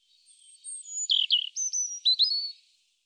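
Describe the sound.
European robin with a wistful phrase of high thin whistles, short liquid warbles and abrupt upward flicks, tailing off softly.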